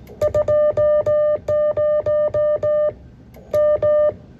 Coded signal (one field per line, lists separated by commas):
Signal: Morse code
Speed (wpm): 17 wpm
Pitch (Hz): 600 Hz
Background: music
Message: 20 M